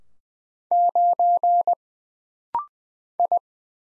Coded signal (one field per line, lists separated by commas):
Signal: Morse code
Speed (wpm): 20 wpm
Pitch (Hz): 700 Hz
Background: none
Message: 9 I